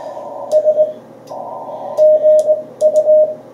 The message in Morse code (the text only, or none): SGU